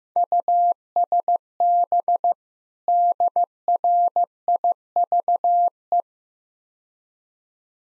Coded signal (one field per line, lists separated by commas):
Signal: Morse code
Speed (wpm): 16 wpm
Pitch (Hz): 700 Hz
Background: none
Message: USB DRIVE